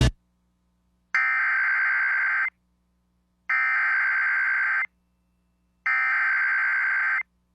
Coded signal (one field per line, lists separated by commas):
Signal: Emergency Alert System (SAME) tones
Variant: header bursts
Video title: EAS Severe Thunderstorm Watch #22 Oklahoma/Texas Panhandle NOAA Weather Radio +WeatherSTAR4000